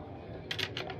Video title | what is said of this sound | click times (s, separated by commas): Rugged Off Grid - Off Road Campers by MDC : SEMA 2023 | uh you're able to drop down this and super easy e to do all you do is click here boom pops into place | 0.5 s, 0.8 s